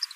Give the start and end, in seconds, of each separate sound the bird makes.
0.02-0.05